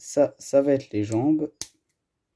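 Someone talks while holding a plastic ball-joint clip for the legs of a LEGO 71761 Zane's Power Up Mech EVO, ready to press onto a ball connector. A brief, sharp broadband sound follows at about 1.6 s, then silence. Nothing has seated or clicked yet.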